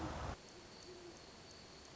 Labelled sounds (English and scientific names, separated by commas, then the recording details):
Great Horned Owl (Bubo virginianus)
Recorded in Sonoma County, California